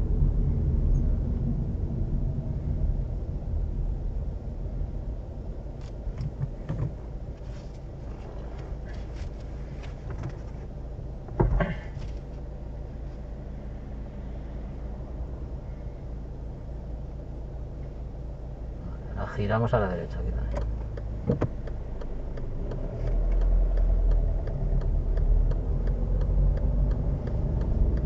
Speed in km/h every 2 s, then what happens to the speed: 18, 12, 3, 0, 0, 0, 0, 0, 0, 0, 0, 5, 12, 13.
0-5 brakes to 0. 5-21 standing. 21-28 pulls away to 13.